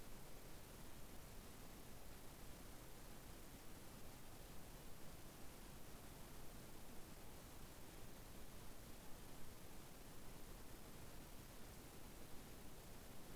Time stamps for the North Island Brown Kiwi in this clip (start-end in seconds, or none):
none